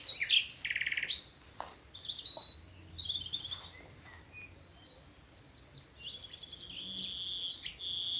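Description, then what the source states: Common nightingale song: rapid bursts of repeated high notes and a quick churring trill, broken by pauses, then long whistled notes near the end. Several nightingales singing in the evening as dew falls, from thickets in a wood at Alners Gorse nature reserve, Dorset, run by Butterfly Conservation.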